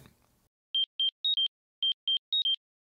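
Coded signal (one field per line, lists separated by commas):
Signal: none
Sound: synth ringtone melody notes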